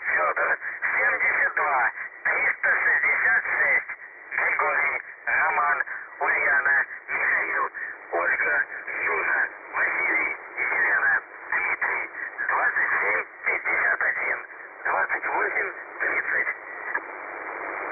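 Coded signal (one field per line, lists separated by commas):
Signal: numbers station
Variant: UVB-76, Russian voice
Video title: The Buzzer/UVB-76 Voice Message (December 2, 2020 11:05 UTC)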